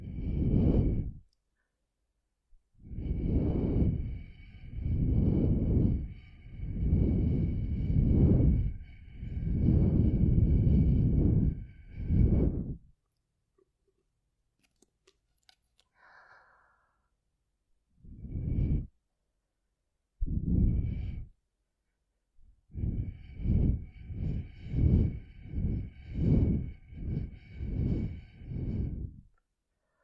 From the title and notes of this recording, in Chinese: 吸管吹耳朵。